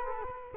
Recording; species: mosquito wingbeat signal from an infrared sensor; Culex quinquefasciatus